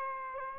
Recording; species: mosquito wingbeat signal from an infrared sensor; Aedes aegypti